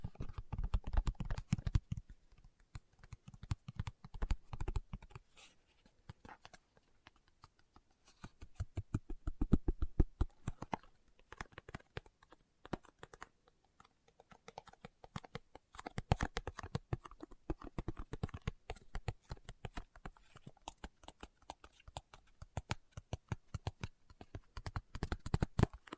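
Fingertips tap rapidly in dense bursts, sharp clicky knocks with a low thud, clustered around 0–5, 9–11, 15–18 and 24–26 seconds.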